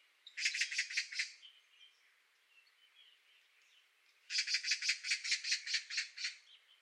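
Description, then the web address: Bird giving a rapid, buzzy trilled series of high notes, then a pause and a longer run of the same quick, rattling notes. "cianscape birddata Deverinetal"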